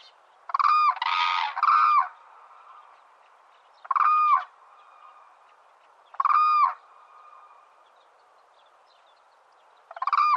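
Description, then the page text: Hooded crane giving a rapid triple honk, then single bugling notes at irregular intervals of a few seconds. "흑두루미(Hooded Crane) 接寫"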